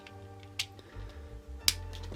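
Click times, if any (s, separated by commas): 0.6 s, 1.7 s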